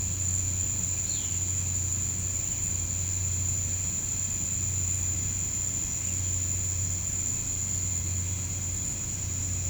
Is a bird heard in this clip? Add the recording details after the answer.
yes. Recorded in pastures near Puerto Asís, Putumayo, Colombia, on 15 December 2024 at 07:30. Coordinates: 0.505, -76.324. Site G063